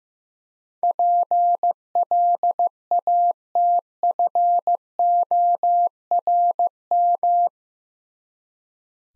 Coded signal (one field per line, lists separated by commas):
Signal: Morse code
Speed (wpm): 15 wpm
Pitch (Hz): 700 Hz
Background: none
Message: PLATFORM